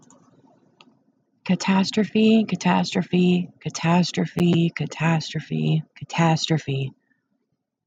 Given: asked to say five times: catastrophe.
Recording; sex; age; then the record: repeated word; female; 30 to 39 years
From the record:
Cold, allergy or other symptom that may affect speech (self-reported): no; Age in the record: 37 years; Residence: Massachusetts, United States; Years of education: 13